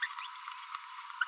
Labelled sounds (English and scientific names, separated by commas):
Green-rumped Parrotlet (Forpus passerinus) babbling